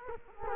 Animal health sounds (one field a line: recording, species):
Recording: mosquito wingbeat signal from an infrared sensor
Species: Culex quinquefasciatus